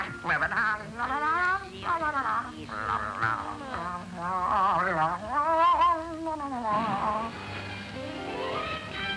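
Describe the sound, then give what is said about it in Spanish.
The raspy, sputtering cartoon voice of Daffy Duck (el Pato Lucas), in the Spanish-dubbed Looney Tunes short Cazando Patos, sings a wavering, warbling tune with quacky inflections, rising and falling in pitch for several seconds before trailing off more softly. “Para ser un pato no canto tan mal.”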